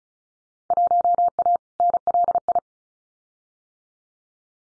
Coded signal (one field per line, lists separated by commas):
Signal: Morse code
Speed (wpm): 34 wpm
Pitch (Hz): 700 Hz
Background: none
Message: 1A NLI